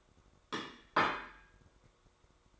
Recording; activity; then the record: daily activity, microphone in the room; place plate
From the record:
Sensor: 3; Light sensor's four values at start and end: 4/11/4/4 and 4/10/4/3